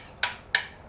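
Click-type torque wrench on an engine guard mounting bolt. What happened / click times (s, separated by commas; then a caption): The torque wrench clicked at its set torque / 0.6 s. A click-type torque wrench tightens an engine guard mounting bolt on the frame of a Royal Enfield Continental GT 650 motorcycle. A sharp metallic tick at 0.2 s is followed by a louder, crisp click at 0.6 s as the wrench reaches its set torque. It is a positive click, confirmed, before the setting is raised to 33.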